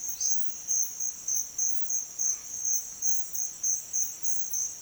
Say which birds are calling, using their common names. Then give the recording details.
none. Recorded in dense forest near Puerto Asís, Putumayo, Colombia, on 18 February 2024 at 06:30. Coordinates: 0.505, -76.324. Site G6467